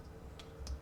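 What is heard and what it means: A plastic backpack piece is slid up onto the back of a Magic Square MS small-scale Optimus Prime 2.0 black-version transforming robot toy and pressed into two side slots. Two sharp clicks sound at 0.4 s and 0.7 s over a low background hum. The backpack piece snaps into both slots and is seated.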